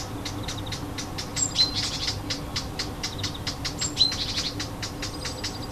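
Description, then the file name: Warbler ticking alarm notes, quick dry clicks in a loose series, with faint high chirps in the background. Alarm calls, 25 June 2014, on an MZ-N710 MiniDisc recorder. "Fauvette cri d alarme 25 06 14"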